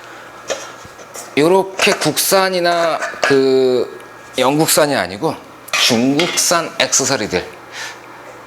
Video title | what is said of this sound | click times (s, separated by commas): 유쾌한생각 포이즘 유로 450 (PLTHINK PHOISM EURO-450) | 이렇게 꽂아 가지고 옆으로 돌려주시면 딱 소리가 나면서 장착이 되죠. | 0.5 s